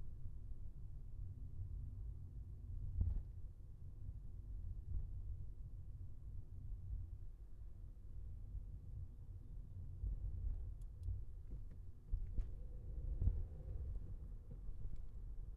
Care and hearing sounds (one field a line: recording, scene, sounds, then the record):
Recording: everyday scene through a hearing-aid microphone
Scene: in a vehicle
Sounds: engine, highway traffic jam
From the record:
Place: Skoda Fabia, gasoline engine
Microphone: behind the ear, left, front